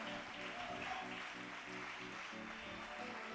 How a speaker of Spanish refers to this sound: Dele palmas al Señor y dele gloria. Dele palmas al Señor y dele gloria.